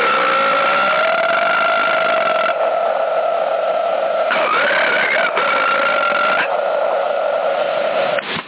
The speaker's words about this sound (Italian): praticamente quella specie di rutto finale che fanno alcuni camionisti, ma è un rutto vero quello, è una cosa allucinante. Ha fatto un mix di rutti finali, dai, non sono rutti ma sono rutti alla fine.